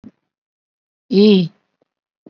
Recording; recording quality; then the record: sustained vowel as in beet; excellent, no background noise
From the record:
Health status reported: COVID-19 positive, moderate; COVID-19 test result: positive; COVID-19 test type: RT-PCR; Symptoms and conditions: cough, cold, breathing difficulty, fever, fatigue, muscle pain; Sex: female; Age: 74 years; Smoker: no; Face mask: not worn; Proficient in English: no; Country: India